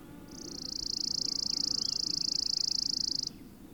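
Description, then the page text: Chipping sparrow song: one dry, even, rapid trill of high chips lasting about three seconds, with faint soft notes from other birds beneath. "Richard E Webster - Малая воробьиная овсянка (Spizella passerina)"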